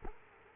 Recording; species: mosquito wingbeat signal from an infrared sensor; Culex quinquefasciatus